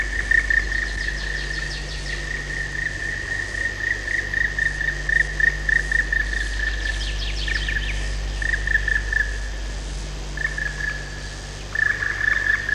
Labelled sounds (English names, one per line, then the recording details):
Black Woodpecker
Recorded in the wild
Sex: pair
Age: adult
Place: Dürrbach, Sachsen, DE
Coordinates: 51.3583, 14.6164
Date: 1957-04-28
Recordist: Meyer, Hugo